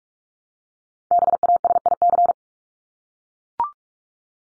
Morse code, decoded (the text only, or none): BASIC